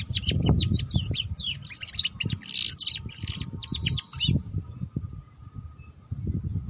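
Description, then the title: Canary singing fast, sweeping twittering trills for about four seconds, then stopping, with thumping low background noise throughout. Belgian canary; song played to warm up and stimulate singing, suited as a lure for canaries learning the ngeriwik song style. "Canto Para Esquentar Canário Belga. Suara Kenari Belajar Bunyi Ngeriwik || Cocok Untuk Pancingan Kenari Ngeriwik"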